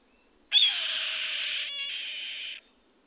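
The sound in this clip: Bird screech, one harsh raspy hissing note lasting about two seconds, steady then briefly broken before it stops.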